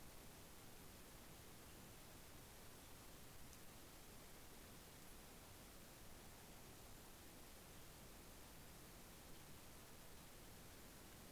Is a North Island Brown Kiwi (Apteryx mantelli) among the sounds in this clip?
no